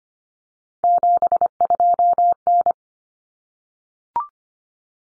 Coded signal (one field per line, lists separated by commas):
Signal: Morse code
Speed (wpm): 25 wpm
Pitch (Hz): 700 Hz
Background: none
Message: 72N